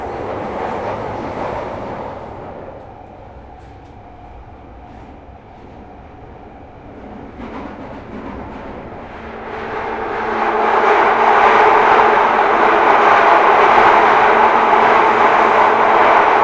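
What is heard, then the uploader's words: An empty Underground train rumbles along with a steady low roar and rattle. The sound dips and dulls in the middle, then from about ten seconds swells into a louder, brighter rushing whine with a humming drone that holds to the end. I recorded the sound of an empty Underground train and it made me feel a bit weird and spooky. I made sure I travelled late, about 10pm. My carriage was entirely empty for the entire journey from East Finchley to Bank. I decided to bring along a handheld recording device and sit there recording the noise.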